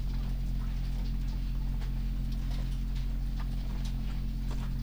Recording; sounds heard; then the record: poultry house recording; sick chickens (respiratory disease)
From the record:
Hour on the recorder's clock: 1